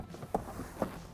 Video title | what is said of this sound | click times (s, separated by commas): Episode 6: 2016 RAM 1500 Classic - CD Player & Climate Control - The Build by Infotainment.com | plugging the sensor in it's a little tight in here make sure you hear that or at least feel that click | 0.3 s